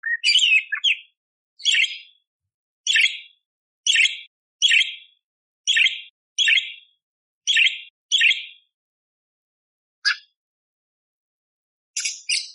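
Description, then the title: Budgerigar chirps: a series of sharp, scratchy chirps repeated roughly every second. After a gap, another burst of chatter comes at the end. Masteran training song for magpie-robins (kacer); clear, constantly singing (gacor) bird with rough 'tembakan' (shot) fill phrases. "Masteran Burung Parkit Gacor Jernih Isian Tembakan Kasar Cocok Buat Kacer"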